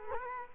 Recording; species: mosquito wingbeat signal from an infrared sensor; Culex quinquefasciatus